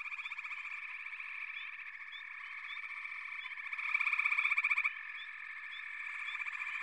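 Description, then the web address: Frogs calling in a thick chorus, steady pulsed trills with bright upslurred chirps repeating, one louder burst of trilling around the fourth second. "Sounds of Nature Collection. Froggies"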